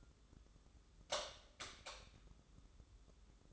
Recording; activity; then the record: daily activity, microphone in the room; light off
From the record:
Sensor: 3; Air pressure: 995.3 hPa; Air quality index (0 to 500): 82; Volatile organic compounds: 7 ppm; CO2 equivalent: 1978 ppm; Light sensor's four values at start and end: 12/31/12/12 and 9/22/9/9